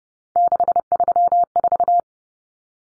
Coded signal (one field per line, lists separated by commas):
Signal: Morse code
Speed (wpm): 30 wpm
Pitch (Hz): 700 Hz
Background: none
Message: 634